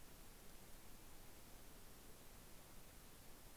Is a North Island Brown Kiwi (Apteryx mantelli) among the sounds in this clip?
no